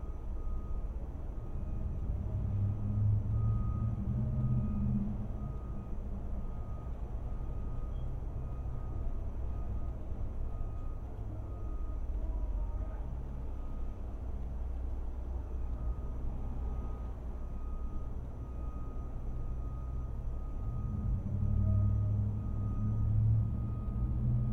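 A steady low rumble of passing traffic fills the recording, swelling near the start and again near the end, with a faint high tone running throughout.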